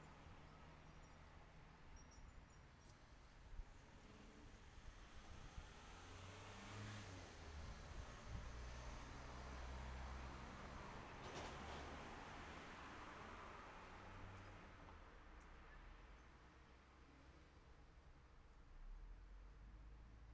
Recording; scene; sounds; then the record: everyday scene through a hearing-aid microphone; in traffic; traffic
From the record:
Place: city secondary road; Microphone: behind the ear, left, rear